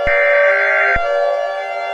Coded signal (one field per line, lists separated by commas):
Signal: Emergency Alert System (SAME) tones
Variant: header bursts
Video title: EAS Scenario (2022) 4th of July Special